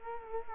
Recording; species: mosquito wingbeat signal from an infrared sensor; Culex quinquefasciatus